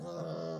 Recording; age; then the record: pig call; piglet (1 to 25 days)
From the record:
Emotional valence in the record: negative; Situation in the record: long isolation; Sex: female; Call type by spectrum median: low-frequency call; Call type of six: low-frequency stable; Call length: 0.60 s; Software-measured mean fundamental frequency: 80 Hz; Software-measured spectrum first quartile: 246 Hz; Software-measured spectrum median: 482 Hz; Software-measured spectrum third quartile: 725 Hz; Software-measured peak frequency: 519 Hz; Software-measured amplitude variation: 54 dB a second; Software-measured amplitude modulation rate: 24.0 a second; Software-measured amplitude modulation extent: 2.3 dB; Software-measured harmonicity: 2.7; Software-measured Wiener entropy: -0.14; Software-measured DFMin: 1351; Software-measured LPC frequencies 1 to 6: 540, 3511, 4597, 5255, 9051, 10823 Hz